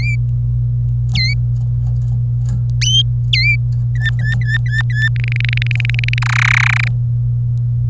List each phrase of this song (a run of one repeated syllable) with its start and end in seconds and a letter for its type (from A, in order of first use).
0.00-0.15 A, 1.14-1.33 A, 3.33-3.56 A, 3.96-5.08 B, 5.16-6.18 C, 6.22-6.88 D